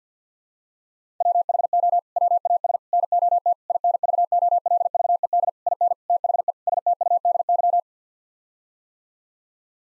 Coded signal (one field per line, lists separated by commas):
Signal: Morse code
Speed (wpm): 50 wpm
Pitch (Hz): 700 Hz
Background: none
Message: WHO WAS NOT INVOLVED IN THE STUDY